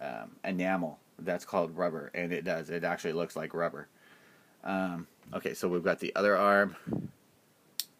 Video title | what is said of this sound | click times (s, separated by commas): 1/4th Resin Asuka Langley Part2 | Always so gratifying when you hear the snap. | 7.8 s